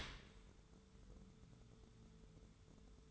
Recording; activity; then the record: daily activity, microphone in the room; open dishwasher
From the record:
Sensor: 3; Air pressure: 1014.9 hPa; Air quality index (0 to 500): 36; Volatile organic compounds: 1 ppm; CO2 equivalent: 566 ppm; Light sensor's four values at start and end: 11/26/11/11 and 11/26/11/11